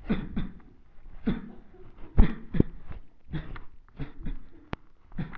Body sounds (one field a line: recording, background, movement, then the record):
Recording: voluntary coughing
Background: a bystander coughing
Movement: walking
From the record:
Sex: male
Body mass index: 23.7 kg/m2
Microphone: on the chest, facing the body